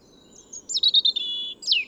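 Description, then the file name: European robin song, a rapid run of high tinkling notes leading into a drawn-out thin whistle and a final descending slur, over faint low rumble. "Erithacus rubecula"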